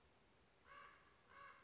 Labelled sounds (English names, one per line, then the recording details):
Common Raven
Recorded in Sonoma County, California